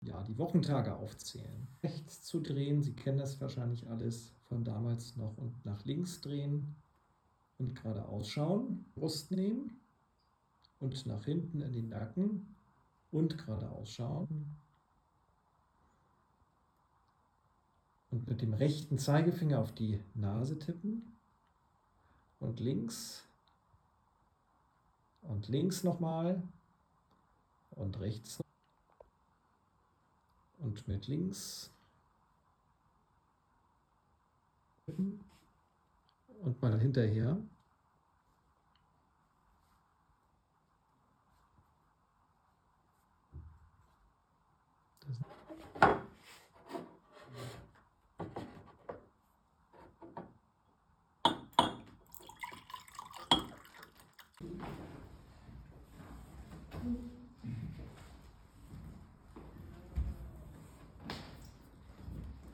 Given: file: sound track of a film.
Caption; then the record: The video features the patient at age 25 years prior to DBS implantation. Head and neck dystonia, head tremor, dysarthria, postural, action, and intention tremor, and intermittent myoclonic jerks, mostly at the upper half of the body, are shown. At the end of the video, the patient shows severe spastic gait disturbance and lower limb weakness, preventing him from walking unaided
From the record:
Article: Multi-Omics Characterization of a KIF1C Structural Variant in a Patient with a Complex Movement Disorder Partially Responsive to Deep Brain Stimulation